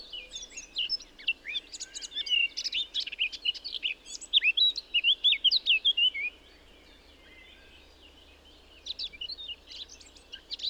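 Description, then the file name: Eurasian blackcap song: about six seconds of fast scratchy warbling that builds into clear whistled notes, then a pause and a shorter second burst of warbling. "Sylvia atricapilla"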